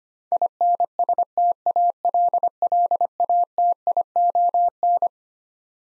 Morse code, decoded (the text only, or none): INSTALLATION